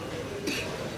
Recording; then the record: coughing mixed with background sound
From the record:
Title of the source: 64 coughing, allergies, singing lungs